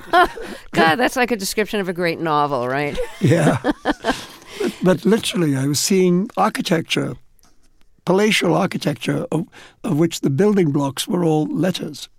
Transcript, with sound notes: God, that's like a description of a great novel, right?
Yeah.
(Laughter).
But literally, I was seeing architecture, palatial architecture of which the building blocks were all letters.